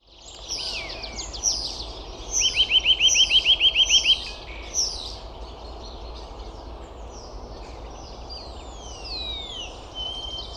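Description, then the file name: Eurasian nuthatch giving a quick run of about ten even, piping notes lasting under two seconds, amid a busy chorus of higher, thin chirps and swooping notes from other birds. "Sitta europaea"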